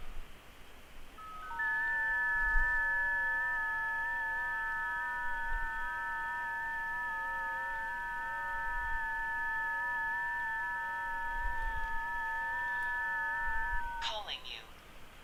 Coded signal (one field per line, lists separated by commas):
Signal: FT8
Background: speech